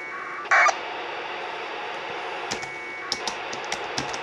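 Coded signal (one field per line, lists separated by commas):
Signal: packet radio (AX.25, as in APRS)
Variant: 1200 baud AFSK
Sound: one short harsh data burst, then steady radio hiss with faint clicks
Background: radio static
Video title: Connect the International Space Station ISS via packet radio with an FT-897D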